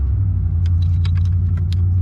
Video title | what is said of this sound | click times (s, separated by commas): Installing a Pedal Commander on my Dodge Charger | there you go there's a little click and then you're going to connect this one | 1.7 s